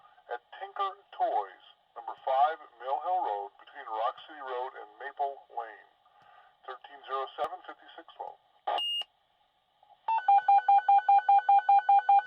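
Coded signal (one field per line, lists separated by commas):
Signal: pager alert tone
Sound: radio voice, a short high beep, then a fast warbling two-tone alert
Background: radio dispatch speech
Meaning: Alert tones before a fire department dispatch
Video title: Fire Department Dispatch Pager Sound Effect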